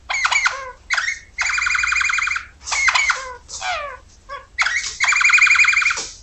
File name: kenari-roller-v 5-omkicau